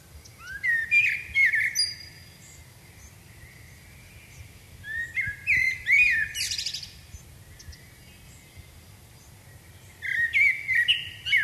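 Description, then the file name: Common blackbird giving three rich, fluted song phrases with high, chattering flourishes, separated by pauses of a few seconds; the last phrase is cut off. "Turdus merula"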